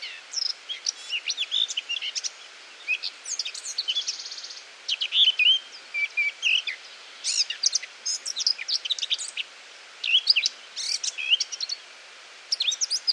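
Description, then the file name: Eurasian blackcap song, a busy run of varied high warbling and chattering notes in short bursts with brief gaps throughout, over a faint steady hiss. "Sylvia atricapilla"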